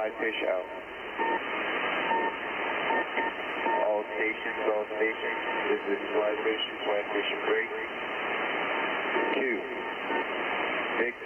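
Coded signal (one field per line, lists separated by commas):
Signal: coded military voice message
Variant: USAF EAM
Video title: USAF Global EAM- Emergency Action Message. 8992 KHZ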